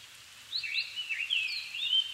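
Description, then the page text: Japanese thrush gives a rapid run of rich, warbled whistles that swoop up and down, with a faint hiss behind. Japan, 7 May 2011 at 17:59, altitude 270 m; recorded with Sony PCM-D50 and Panasonic WM-61A mic. "kurotugumi 20110507-1759. Turdus cardis [Sounds -Nikko Today-]"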